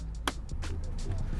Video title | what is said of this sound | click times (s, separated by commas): Commander [Gen2] - Front/Advanced Installation [Model 3/Y 2021-2025+ and Juniper] | and the last one is this one. Just click this pin. | 0.3 s